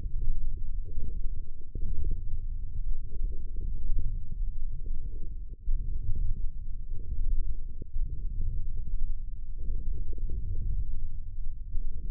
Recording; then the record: forearm muscle sounds (acoustic myography)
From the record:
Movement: wrist flexion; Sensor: system 1, eight BSWA MPA416 microphones around the upper forearm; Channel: 6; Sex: male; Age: 20 years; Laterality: left